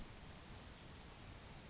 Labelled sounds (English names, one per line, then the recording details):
Grasshopper Sparrow
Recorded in Sonoma County, California